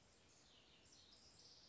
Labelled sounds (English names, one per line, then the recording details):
House Wren
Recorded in Sonoma County, California